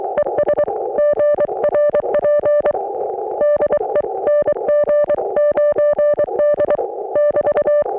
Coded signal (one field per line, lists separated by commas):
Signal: Morse code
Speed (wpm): 22 wpm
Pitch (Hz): 590 Hz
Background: none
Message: ES GRP DE NG9D <BT>